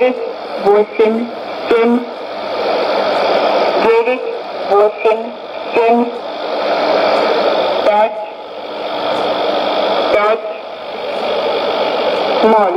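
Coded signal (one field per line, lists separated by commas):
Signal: numbers station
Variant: S06s, Russian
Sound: female voice reading single digits evenly spaced, in groups, through heavy shortwave hiss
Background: radio static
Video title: 18 02 2016 Numbers station S06s in Russian 0904 on 5765 CUSB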